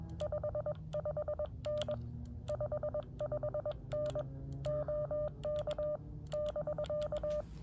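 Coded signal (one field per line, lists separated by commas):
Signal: Morse code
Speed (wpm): 21 wpm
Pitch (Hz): 600 Hz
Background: none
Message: 55N 55N OK <BK>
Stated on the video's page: Morse code park activation (POTA) at a state park using a Xiegu X6100 transceiver and an X-tenna end-fed antenna.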